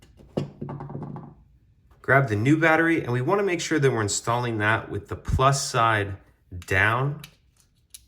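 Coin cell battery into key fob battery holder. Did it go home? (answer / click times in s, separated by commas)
yes / 8.0 s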